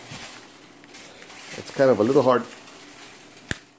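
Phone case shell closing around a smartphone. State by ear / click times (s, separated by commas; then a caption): seated / 3.5 s. A plastic waterproof phone case shell is pressed shut around a smartphone, which takes some force, while someone talks. A sharp click sounds at 3.5 seconds as the closure snaps shut and the case is seated.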